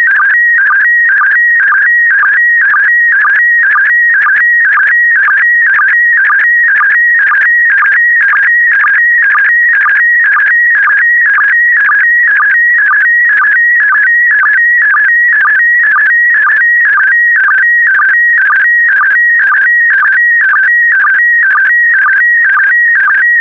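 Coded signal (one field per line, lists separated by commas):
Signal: SSTV (slow-scan television)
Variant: PD120 mode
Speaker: the next image transmission will start in 10 seconds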